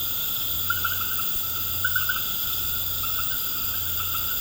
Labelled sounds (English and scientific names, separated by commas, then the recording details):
none
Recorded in pastures near Puerto Asís, Putumayo, Colombia, on 19 March 2025 at 20:00
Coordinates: 0.472, -76.329
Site G074